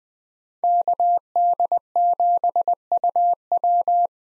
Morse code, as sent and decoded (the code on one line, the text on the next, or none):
-.- -.. --... ..- .--
KD7UW